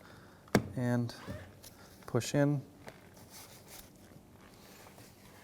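The bottom two plastic clips of the speaker cover panel are pushed into the door panel of a 2007-2013 Mitsubishi Outlander during a driver's side mirror replacement. A sharp snap at 0.6 s shows the clips seating, with someone talking just after. The clips are seated.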